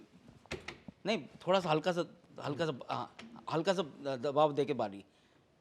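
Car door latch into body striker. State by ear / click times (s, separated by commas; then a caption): not seated / none. A vintage car door is being handled with light pressure before its latch goes into the body striker while someone talks throughout. A few short, sharp knocks sound near the start, around 0.5 to 0.7 seconds. The door has not latched shut yet and nothing has clicked home.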